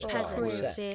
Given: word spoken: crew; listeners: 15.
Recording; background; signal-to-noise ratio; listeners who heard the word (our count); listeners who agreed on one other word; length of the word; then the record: one English word in noise, from a listening test; four-talker babble; -2.5 dB; 1 of 15; 14 of 15; 0.55 s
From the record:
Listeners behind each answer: 14, 1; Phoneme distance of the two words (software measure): 44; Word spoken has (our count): 1 syllable, 3 phonemes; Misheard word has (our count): 2 syllables, 5 phonemes, stress on syllable 1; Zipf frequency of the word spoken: 4.72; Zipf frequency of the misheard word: 3.43